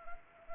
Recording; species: mosquito wingbeat signal from an infrared sensor; Anopheles arabiensis